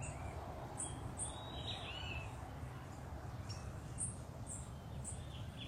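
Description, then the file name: Sapphire-spangled emerald calling with short, high-pitched ticking chips, with a brief lower warble from another bird and a steady low rumble. "BEIJA FLOR DE PEITO AZUL"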